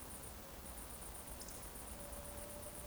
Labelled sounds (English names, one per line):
Eurasian Woodcock whistle